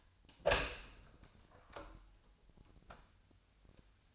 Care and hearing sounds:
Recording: daily activity, microphone in the room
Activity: open door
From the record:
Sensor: 2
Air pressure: 1007.0 hPa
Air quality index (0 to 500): 192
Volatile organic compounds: 12 ppm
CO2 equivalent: 2359 ppm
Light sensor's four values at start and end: 9/23/9/10 and 10/23/10/10

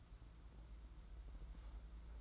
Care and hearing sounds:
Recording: daily activity, microphone in the room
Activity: take from stove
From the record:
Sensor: 3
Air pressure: 992.0 hPa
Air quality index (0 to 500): 229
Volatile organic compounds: 1000 ppm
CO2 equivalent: 7873 ppm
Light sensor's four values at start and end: 24/73/30/25 and 24/73/30/25

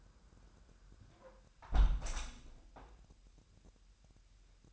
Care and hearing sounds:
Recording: daily activity, microphone in the room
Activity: close window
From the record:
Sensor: 2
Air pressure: 1000.1 hPa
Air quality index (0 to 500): 241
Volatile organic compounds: 80 ppm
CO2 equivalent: 3606 ppm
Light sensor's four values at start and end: 9/21/8/8 and 8/20/8/8

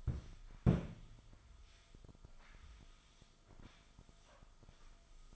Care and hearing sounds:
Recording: daily activity, microphone in the room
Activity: sweep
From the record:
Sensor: 5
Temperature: 24.0 degrees Celsius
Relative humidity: 36.6%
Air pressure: 1004.8 hPa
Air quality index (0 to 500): 95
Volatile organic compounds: 2 ppm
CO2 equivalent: 1146 ppm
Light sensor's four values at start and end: 34/80/32/31 and 34/79/32/30

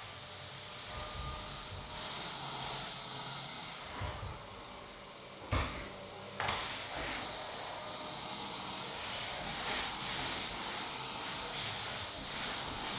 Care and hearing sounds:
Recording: daily activity, microphone in the room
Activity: vacuum cleaning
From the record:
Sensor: 3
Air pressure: 1010.2 hPa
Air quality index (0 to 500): 171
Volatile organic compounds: 10 ppm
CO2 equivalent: 2232 ppm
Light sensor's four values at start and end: 48/120/52/58 and 48/119/52/57

